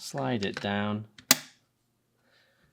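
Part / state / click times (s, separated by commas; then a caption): bolt/nozzle assembly into airsoft rifle upper receiver / seated / 1.3 s. Someone talks as the nozzle and bolt assembly of an MWS airsoft rifle is slid down with the charging handle into the chamber of the upper receiver. It gives one sharp click at 1.3 s, followed by quiet, and the assembly is clicked into place.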